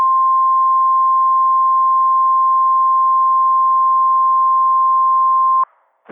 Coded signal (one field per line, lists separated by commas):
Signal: Emergency Alert System (SAME) tones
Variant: 1050 Hz attention tone